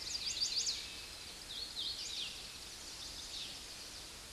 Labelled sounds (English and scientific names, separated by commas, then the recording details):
Hooded Warbler (Setophaga citrina) song
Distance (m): 40 m
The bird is about 5 m above the microphone
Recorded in a Pennsylvania forest on 16 May 2024 at 06:55
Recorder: AudioMoth, point MSD-0690
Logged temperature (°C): 16.0 °C
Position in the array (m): 160 m, 115 m